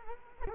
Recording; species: mosquito wingbeat signal from an infrared sensor; Culex quinquefasciatus